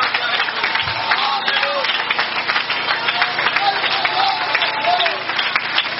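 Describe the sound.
An audience applauds steadily for several seconds, a dense, even wash of many hands clapping, with scattered voices calling out over it.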